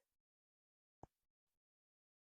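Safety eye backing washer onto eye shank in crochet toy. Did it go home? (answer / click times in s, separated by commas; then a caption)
yes / 1.0 s. A plastic safety washer is pushed down onto the shank of a toy safety eye through a crocheted jellyfish, held close to the microphone. A single quiet, sharp click is heard at 1.0 s, with faint softer handling sounds before and after. The safety eye backing clicks on and is seated.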